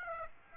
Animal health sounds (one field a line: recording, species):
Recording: mosquito wingbeat signal from an infrared sensor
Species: Aedes aegypti